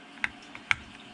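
A USB connector is pushed down into the USB slot of a 3D-printed parking proximity monitor housing. Faint ticks are heard, then a sharp tick at about 0.2 s and a louder sharp click at 0.7 s, when the plug seats. The connector is confirmed seated in the slot.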